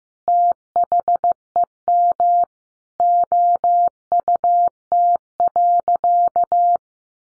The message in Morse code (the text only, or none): THEM OUT.